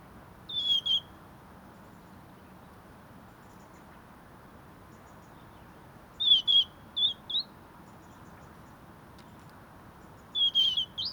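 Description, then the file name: European robin giving three short bursts of high, thin notes with rising flicks, several seconds apart, over a quiet hissing background. "Erithacus rubecula"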